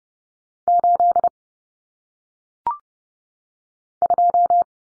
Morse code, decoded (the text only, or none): 8 2